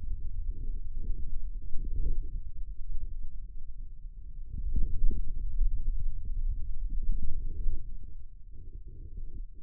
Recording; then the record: forearm muscle sounds (acoustic myography)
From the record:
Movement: hand opening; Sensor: system 2, bracelet of six BSWA MPA416 microphones around the upper forearm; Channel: 6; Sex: male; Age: 22 years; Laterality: right